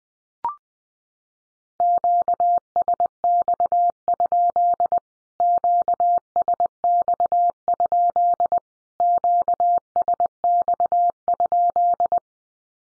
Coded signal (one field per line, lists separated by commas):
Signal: Morse code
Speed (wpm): 19 wpm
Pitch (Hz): 700 Hz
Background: none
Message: QSX? QSX? QSX?